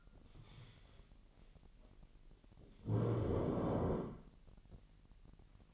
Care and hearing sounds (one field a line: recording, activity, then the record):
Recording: daily activity, microphone in the room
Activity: stand up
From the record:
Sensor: 4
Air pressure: 1002.7 hPa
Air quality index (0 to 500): 248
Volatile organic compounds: 29 ppm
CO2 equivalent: 2940 ppm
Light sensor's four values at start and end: 9/21/9/9 and 9/21/9/9